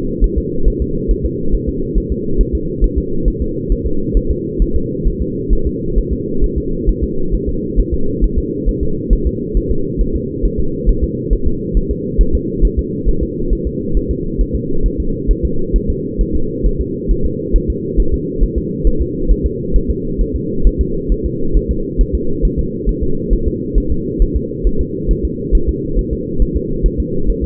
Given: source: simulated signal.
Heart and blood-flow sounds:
fetal heart sounds
0.24 s: S1
0.38 s: S2
0.68 s: S1
0.82 s: S2
1.11 s: S1
1.26 s: S2
1.55 s: S1
1.69 s: S2
1.98 s: S1
2.12 s: S2
2.41 s: S1
2.55 s: S2
2.84 s: S1
2.98 s: S2
3.28 s: S1
3.42 s: S2
3.72 s: S1
3.87 s: S2
4.17 s: S1
4.31 s: S2
4.62 s: S1
4.76 s: S2
5.07 s: S1
5.22 s: S2
5.53 s: S1
5.67 s: S2
5.98 s: S1
6.13 s: S2
6.44 s: S1
6.58 s: S2
6.89 s: S1
7.04 s: S2
7.35 s: S1
7.49 s: S2
7.80 s: S1
7.94 s: S2
8.24 s: S1
8.39 s: S2
8.69 s: S1
8.83 s: S2
9.13 s: S1
9.27 s: S2
9.57 s: S1
9.72 s: S2
10.01 s: S1
10.16 s: S2
10.45 s: S1
10.60 s: S2
10.89 s: S1
11.04 s: S2
11.33 s: S1
11.48 s: S2
11.77 s: S1
11.91 s: S2
12.21 s: S1
12.35 s: S2
12.65 s: S1
12.79 s: S2
13.09 s: S1
13.23 s: S2
13.53 s: S1
13.67 s: S2
13.97 s: S1
14.11 s: S2
14.41 s: S1
14.56 s: S2
14.86 s: S1
15.00 s: S2
15.31 s: S1
15.45 s: S2
15.76 s: S1
15.90 s: S2
16.21 s: S1
16.35 s: S2
16.66 s: S1
16.81 s: S2
17.11 s: S1
17.26 s: S2
17.56 s: S1
17.70 s: S2
18.00 s: S1
18.14 s: S2
18.44 s: S1
18.58 s: S2
18.87 s: S1
19.02 s: S2
19.32 s: S1
19.46 s: S2
19.76 s: S1
19.90 s: S2
20.21 s: S1
20.36 s: S2
20.67 s: S1
20.81 s: S2
21.12 s: S1
21.26 s: S2
21.57 s: S1
21.71 s: S2
22.01 s: S1
22.15 s: S2
22.45 s: S1
22.59 s: S2
22.89 s: S1
23.03 s: S2
23.33 s: S1
23.48 s: S2
23.78 s: S1
23.92 s: S2
24.22 s: S1
24.37 s: S2
24.67 s: S1
24.81 s: S2
25.11 s: S1
25.25 s: S2
25.55 s: S1
25.69 s: S2
25.99 s: S1
26.13 s: S2
26.42 s: S1
26.57 s: S2
26.86 s: S1
27.00 s: S2
27.30 s: S1
27.44 s: S2
From the record:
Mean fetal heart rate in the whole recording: 135 bpm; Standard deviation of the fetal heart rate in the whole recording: 3 bpm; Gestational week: 36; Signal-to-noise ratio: -8.1 dB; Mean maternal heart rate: 72 bpm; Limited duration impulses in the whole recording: absent

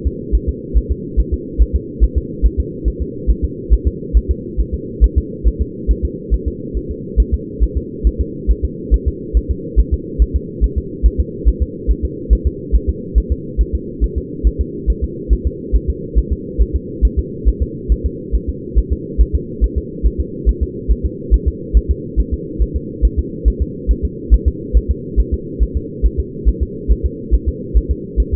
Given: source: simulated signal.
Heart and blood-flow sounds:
fetal heart sounds
0.07 s: S2
0.35 s: S1
0.49 s: S2
0.78 s: S1
0.92 s: S2
1.20 s: S1
1.34 s: S2
1.62 s: S1
1.76 s: S2
2.04 s: S1
2.18 s: S2
2.46 s: S1
2.60 s: S2
2.88 s: S1
3.02 s: S2
3.31 s: S1
3.45 s: S2
3.73 s: S1
3.88 s: S2
4.17 s: S1
4.31 s: S2
4.60 s: S1
4.75 s: S2
5.04 s: S1
5.18 s: S2
5.48 s: S1
5.62 s: S2
5.91 s: S1
6.05 s: S2
6.34 s: S1
6.48 s: S2
6.77 s: S1
6.91 s: S2
7.20 s: S1
7.34 s: S2
7.63 s: S1
7.78 s: S2
8.07 s: S1
8.21 s: S2
8.51 s: S1
8.65 s: S2
8.94 s: S1
9.08 s: S2
9.37 s: S1
9.51 s: S2
9.80 s: S1
9.94 s: S2
10.22 s: S1
10.36 s: S2
10.64 s: S1
10.78 s: S2
11.06 s: S1
11.20 s: S2
11.48 s: S1
11.62 s: S2
11.91 s: S1
12.05 s: S2
12.33 s: S1
12.47 s: S2
12.75 s: S1
12.90 s: S2
13.18 s: S1
13.32 s: S2
13.61 s: S1
13.75 s: S2
14.04 s: S1
14.18 s: S2
14.47 s: S1
14.61 s: S2
14.90 s: S1
15.04 s: S2
15.33 s: S1
15.47 s: S2
15.76 s: S1
15.90 s: S2
16.19 s: S1
16.33 s: S2
16.62 s: S1
16.76 s: S2
17.05 s: S1
17.19 s: S2
17.48 s: S1
17.62 s: S2
17.92 s: S1
18.06 s: S2
18.35 s: S1
18.49 s: S2
18.79 s: S1
18.93 s: S2
19.21 s: S1
19.35 s: S2
19.64 s: S1
19.78 s: S2
20.06 s: S1
20.21 s: S2
20.49 s: S1
20.63 s: S2
20.92 s: S1
21.06 s: S2
21.34 s: S1
21.48 s: S2
21.77 s: S1
21.91 s: S2
22.20 s: S1
22.34 s: S2
22.62 s: S1
22.76 s: S2
23.05 s: S1
23.19 s: S2
23.48 s: S1
23.62 s: S2
23.91 s: S1
24.05 s: S2
24.34 s: S1
24.48 s: S2
24.77 s: S1
24.91 s: S2
25.20 s: S1
25.34 s: S2
25.63 s: S1
25.77 s: S2
26.06 s: S1
26.20 s: S2
26.49 s: S1
26.63 s: S2
26.92 s: S1
27.06 s: S2
27.35 s: S1
27.49 s: S2
27.77 s: S1
27.91 s: S2
28.20 s: S1
28.34 s: S2
From the record:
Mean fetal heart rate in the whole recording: 140 bpm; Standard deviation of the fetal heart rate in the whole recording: 2 bpm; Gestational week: 34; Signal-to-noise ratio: -4.1 dB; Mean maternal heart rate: no maternal heart sound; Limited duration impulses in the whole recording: absent

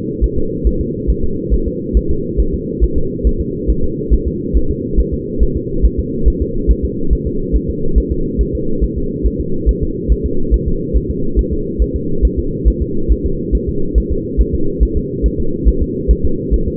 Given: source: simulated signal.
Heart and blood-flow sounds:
fetal heart sounds
0.24 s: S1
0.38 s: S2
0.67 s: S1
0.81 s: S2
1.10 s: S1
1.24 s: S2
1.54 s: S1
1.68 s: S2
1.97 s: S1
2.11 s: S2
2.40 s: S1
2.54 s: S2
2.84 s: S1
2.98 s: S2
3.27 s: S1
3.41 s: S2
3.70 s: S1
3.84 s: S2
4.14 s: S1
4.28 s: S2
4.57 s: S1
4.71 s: S2
5.00 s: S1
5.14 s: S2
5.43 s: S1
5.57 s: S2
5.85 s: S1
5.99 s: S2
6.28 s: S1
6.42 s: S2
6.71 s: S1
6.85 s: S2
7.13 s: S1
7.27 s: S2
7.56 s: S1
7.70 s: S2
7.98 s: S1
8.12 s: S2
8.41 s: S1
8.55 s: S2
8.84 s: S1
8.98 s: S2
9.26 s: S1
9.41 s: S2
9.69 s: S1
9.83 s: S2
10.12 s: S1
10.26 s: S2
10.54 s: S1
10.68 s: S2
10.97 s: S1
11.10 s: S2
11.39 s: S1
11.53 s: S2
11.82 s: S1
11.96 s: S2
12.25 s: S1
12.39 s: S2
12.68 s: S1
12.82 s: S2
13.12 s: S1
13.26 s: S2
13.55 s: S1
13.69 s: S2
13.98 s: S1
14.12 s: S2
14.41 s: S1
14.55 s: S2
14.83 s: S1
14.97 s: S2
15.26 s: S1
15.40 s: S2
15.69 s: S1
15.82 s: S2
16.11 s: S1
16.25 s: S2
16.54 s: S1
16.68 s: S2
From the record:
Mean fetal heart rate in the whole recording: 140 bpm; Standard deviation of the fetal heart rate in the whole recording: 2 bpm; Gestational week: 34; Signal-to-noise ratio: -8.1 dB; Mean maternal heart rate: 72 bpm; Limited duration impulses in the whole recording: absent

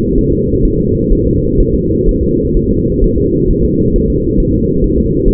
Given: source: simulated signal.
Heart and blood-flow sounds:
fetal heart sounds
0.18 s: S1
0.33 s: S2
0.65 s: S1
0.79 s: S2
1.12 s: S1
1.27 s: S2
1.60 s: S1
1.74 s: S2
2.09 s: S1
2.23 s: S2
2.57 s: S1
2.71 s: S2
3.04 s: S1
3.18 s: S2
3.51 s: S1
3.65 s: S2
3.96 s: S1
4.10 s: S2
4.40 s: S1
4.54 s: S2
4.84 s: S1
4.98 s: S2
5.28 s: S1
From the record:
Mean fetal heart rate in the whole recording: 130 bpm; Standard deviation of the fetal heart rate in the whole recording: 4 bpm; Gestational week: 38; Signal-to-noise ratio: -10.2 dB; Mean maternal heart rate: 72 bpm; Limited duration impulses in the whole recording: present

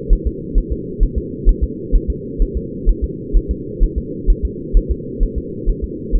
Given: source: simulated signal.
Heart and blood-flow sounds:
fetal heart sounds
0.13 s: S1
0.27 s: S2
0.58 s: S1
0.72 s: S2
1.03 s: S1
1.18 s: S2
1.49 s: S1
1.64 s: S2
1.95 s: S1
2.10 s: S2
2.42 s: S1
2.57 s: S2
2.89 s: S1
3.04 s: S2
3.36 s: S1
3.51 s: S2
3.84 s: S1
3.98 s: S2
4.30 s: S1
4.45 s: S2
4.77 s: S1
4.91 s: S2
5.23 s: S1
5.38 s: S2
5.69 s: S1
5.84 s: S2
6.16 s: S1
From the record:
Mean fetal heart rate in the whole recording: 130 bpm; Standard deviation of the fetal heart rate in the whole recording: 2 bpm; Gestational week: 38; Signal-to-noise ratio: -4.1 dB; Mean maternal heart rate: no maternal heart sound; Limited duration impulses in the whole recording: absent

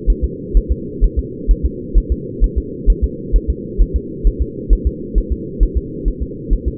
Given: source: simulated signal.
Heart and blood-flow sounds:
fetal heart sounds
0.10 s: S1
0.24 s: S2
0.57 s: S1
0.72 s: S2
1.04 s: S1
1.19 s: S2
1.51 s: S1
1.66 s: S2
1.98 s: S1
2.12 s: S2
2.44 s: S1
2.58 s: S2
2.90 s: S1
3.04 s: S2
3.36 s: S1
3.50 s: S2
3.82 s: S1
3.96 s: S2
4.27 s: S1
4.42 s: S2
4.73 s: S1
4.87 s: S2
5.18 s: S1
5.32 s: S2
5.63 s: S1
5.77 s: S2
6.08 s: S1
6.22 s: S2
6.53 s: S1
6.68 s: S2
From the record:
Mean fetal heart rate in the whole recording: 130 bpm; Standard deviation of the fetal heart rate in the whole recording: 2 bpm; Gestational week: 36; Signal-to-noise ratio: -4.1 dB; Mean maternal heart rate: no maternal heart sound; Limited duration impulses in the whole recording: absent

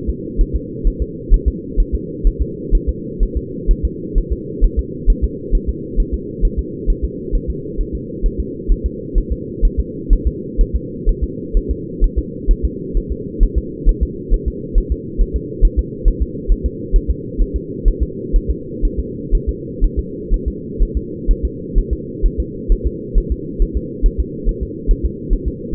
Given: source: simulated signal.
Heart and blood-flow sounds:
fetal heart sounds
0.09 s: S2
0.41 s: S1
0.56 s: S2
0.88 s: S1
1.02 s: S2
1.34 s: S1
1.48 s: S2
1.80 s: S1
1.95 s: S2
2.27 s: S1
2.42 s: S2
2.75 s: S1
2.89 s: S2
3.23 s: S1
3.37 s: S2
3.71 s: S1
3.85 s: S2
4.18 s: S1
4.33 s: S2
4.65 s: S1
4.79 s: S2
5.10 s: S1
5.24 s: S2
5.55 s: S1
5.69 s: S2
6.00 s: S1
6.14 s: S2
6.45 s: S1
6.59 s: S2
6.90 s: S1
7.05 s: S2
7.35 s: S1
7.50 s: S2
7.81 s: S1
7.95 s: S2
8.26 s: S1
8.40 s: S2
8.72 s: S1
8.86 s: S2
9.18 s: S1
9.32 s: S2
9.65 s: S1
9.80 s: S2
10.13 s: S1
10.27 s: S2
10.61 s: S1
10.76 s: S2
11.09 s: S1
11.24 s: S2
11.57 s: S1
11.71 s: S2
12.04 s: S1
12.19 s: S2
12.51 s: S1
12.65 s: S2
12.97 s: S1
13.12 s: S2
13.43 s: S1
13.58 s: S2
13.89 s: S1
14.03 s: S2
14.34 s: S1
14.48 s: S2
14.78 s: S1
14.92 s: S2
15.22 s: S1
15.36 s: S2
15.65 s: S1
15.79 s: S2
16.08 s: S1
16.22 s: S2
16.52 s: S1
16.66 s: S2
16.96 s: S1
17.10 s: S2
17.42 s: S1
17.56 s: S2
17.88 s: S1
18.03 s: S2
18.36 s: S1
18.51 s: S2
18.85 s: S1
19.00 s: S2
19.35 s: S1
19.49 s: S2
19.84 s: S1
19.99 s: S2
20.34 s: S1
20.48 s: S2
20.83 s: S1
20.97 s: S2
21.31 s: S1
21.45 s: S2
21.78 s: S1
21.93 s: S2
22.26 s: S1
22.40 s: S2
22.72 s: S1
22.87 s: S2
23.18 s: S1
23.32 s: S2
23.62 s: S1
23.77 s: S2
24.06 s: S1
24.20 s: S2
24.49 s: S1
24.63 s: S2
24.91 s: S1
25.05 s: S2
25.33 s: S1
25.48 s: S2
From the record:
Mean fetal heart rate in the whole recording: 130 bpm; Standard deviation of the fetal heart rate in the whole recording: 4 bpm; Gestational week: 38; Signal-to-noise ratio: -4.1 dB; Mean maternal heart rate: no maternal heart sound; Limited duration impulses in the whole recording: absent

